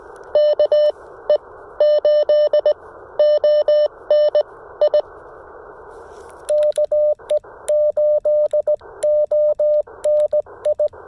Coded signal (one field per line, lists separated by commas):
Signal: Morse code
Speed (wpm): 17 wpm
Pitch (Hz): 600 Hz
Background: none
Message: KE8ONI KE8ONI